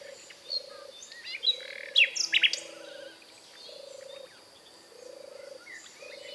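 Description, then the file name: Common nightingale song, one brief loud burst of sharp notes amid quieter bird chatter, over a low pulsed sound that repeats about once a second. "British Library - European Nightingale(Luscinia megarhynchos)"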